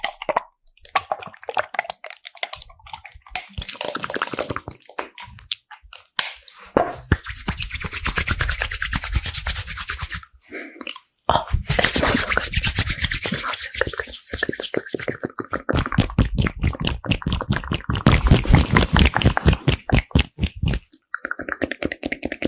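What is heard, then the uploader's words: Fast, aggressive ASMR: rapid rubbing, scratching and crisp tapping bursts run almost without pause, with wet clicks and pops scattered throughout. The sounds are dense and bright, dropping to brief silences near three, six and ten seconds. FAST AND AGGRESSIVE ASMR(with Mouth Sounds).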